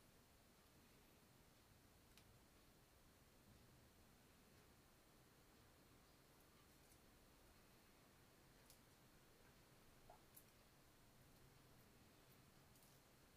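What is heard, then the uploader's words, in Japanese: Tomato sauce pasta being cooked: a steady, even hiss with a low rumble runs through the whole stretch, like a pot simmering. Sharp little clicks and taps break in now and then, around two, nine, ten and thirteen seconds. 環境音 トマトソースパスタの一部始終。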